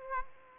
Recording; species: mosquito wingbeat signal from an infrared sensor; Aedes aegypti